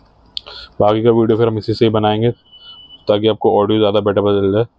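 An accessory is attached to the small plastic transmitter of a Digitek DWM103 dual wireless microphone system for iPhone Lightning and Android Type-C phones, to help in windy or noisy conditions. It clicks into place with a sharp, loud, very short hit at 0.4 s. Someone then talks.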